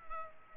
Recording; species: mosquito wingbeat signal from an infrared sensor; Culex pipiens